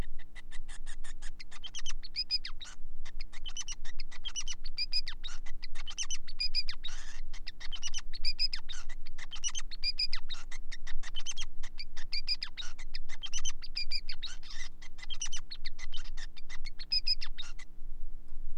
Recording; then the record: song of a male Bengalese finch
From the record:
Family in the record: son of father 5